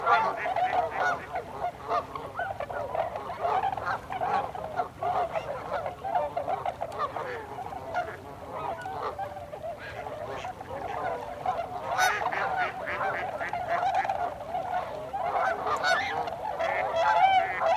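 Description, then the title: Tundra swans in a large calling flock, constant crowded honking and yelping notes blending into a continuous babble, growing a little louder near the end. Recorded 26 December 2020. "2020-12-26-Tundra-Swans"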